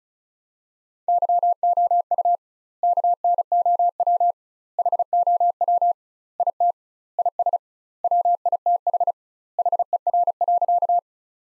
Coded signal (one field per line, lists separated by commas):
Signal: Morse code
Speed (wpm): 36 wpm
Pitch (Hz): 700 Hz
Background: none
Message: YOU KNOW HOW IT IS WITH HER.